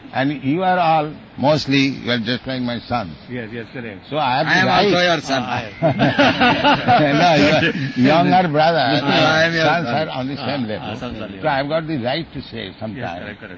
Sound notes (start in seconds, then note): 4.5 laughing; 5.5 laughter